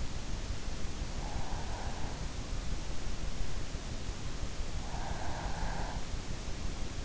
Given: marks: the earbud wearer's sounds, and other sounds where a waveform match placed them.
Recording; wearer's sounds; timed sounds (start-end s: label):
sounds in sleep by an in-ear microphone; breath
0.82-2.59 s: breath
4.48-6.42 s: breath